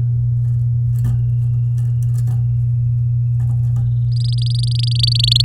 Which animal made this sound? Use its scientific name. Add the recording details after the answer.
Serinus canaria. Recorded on 10 May 2018 at 13:39. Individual llb16